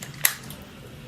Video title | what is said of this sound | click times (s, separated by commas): NEW Shark FlexFusion Review: Must-Know Tips Before You Buy! | Every time you hear that click, it's already locked in. | 0.2 s